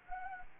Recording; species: mosquito wingbeat signal from an infrared sensor; Anopheles gambiae